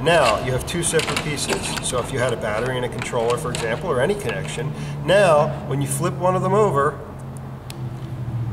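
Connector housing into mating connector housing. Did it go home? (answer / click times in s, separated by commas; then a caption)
yes / 7.7 s. Someone talks while one plastic Anderson Powerpole connector pair is flipped over and pushed into the other pair. The connector housings seat with a sharp click at 7.7 s, and the two halves are mated and connected.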